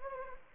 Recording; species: mosquito wingbeat signal from an infrared sensor; Anopheles gambiae